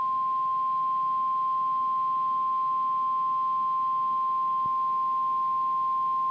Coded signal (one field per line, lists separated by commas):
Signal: Emergency Alert System (SAME) tones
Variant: 1050 Hz attention tone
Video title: EAS - CRP Required Weekly Test on WXK26 - 02/01/2023